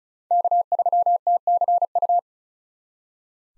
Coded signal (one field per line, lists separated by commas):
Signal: Morse code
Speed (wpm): 34 wpm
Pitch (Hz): 700 Hz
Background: none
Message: K3TCU